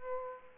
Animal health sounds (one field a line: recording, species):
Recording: mosquito wingbeat signal from an infrared sensor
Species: Aedes aegypti